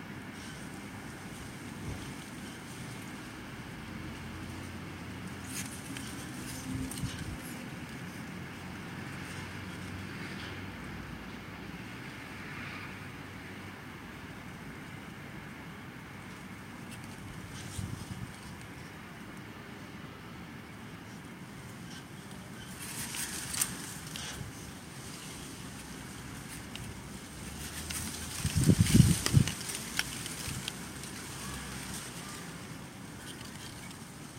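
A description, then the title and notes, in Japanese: Wind blows in a steady low rumble, with a soft, dry rustle spread across the upper range. Brief stronger gusts stir brighter rustling near 6 seconds and again around 23 seconds. The loudest buffeting gust comes near 29 seconds before settling back. さらさらとすれあう風の音。とある窓辺に木があるのですが、その近くで録ってみました。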